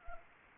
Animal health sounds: mosquito wingbeat signal from an infrared sensor; Anopheles arabiensis

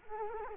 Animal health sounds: mosquito wingbeat signal from an infrared sensor; Culex quinquefasciatus

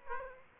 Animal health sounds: mosquito wingbeat signal from an infrared sensor; Aedes aegypti

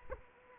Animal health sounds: mosquito wingbeat signal from an infrared sensor; Anopheles arabiensis

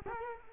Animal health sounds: mosquito wingbeat signal from an infrared sensor; Culex quinquefasciatus

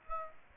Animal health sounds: mosquito wingbeat signal from an infrared sensor; Aedes aegypti

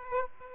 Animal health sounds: mosquito wingbeat signal from an infrared sensor; Aedes aegypti

